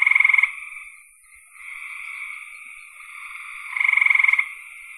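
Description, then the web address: Steady high frog trilling with loud rapid pulsed bursts at the start and near the end. "cn frogs"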